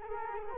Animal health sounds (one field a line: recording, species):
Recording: mosquito wingbeat signal from an infrared sensor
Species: Culex quinquefasciatus